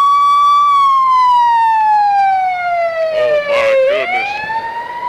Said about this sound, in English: Now, hold on, we got a little ambulance passing through here.